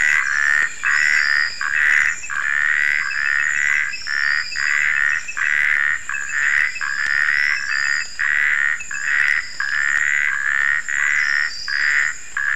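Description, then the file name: Natal puddle frog calling in a steady series of short, slightly rising croaks. "Phrynobatrachus natalensis"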